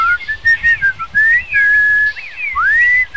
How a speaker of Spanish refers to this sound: Si alguien imita su grito, se acerca y le silba al oído.